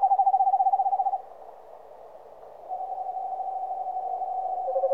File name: Digiffects Sound Effects Library - Eastern Screech Owl